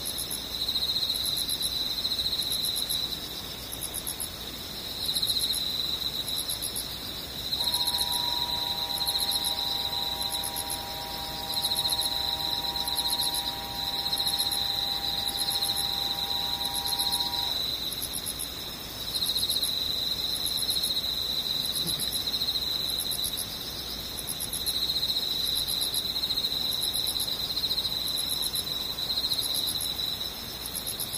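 Insects trill without pause, a bright, rapidly pulsing buzz with a thinner, even higher layer of chirps above it. From about 7 to 17 seconds a steady mid-pitched hum sits underneath, then fades out. A small click comes near 22 seconds.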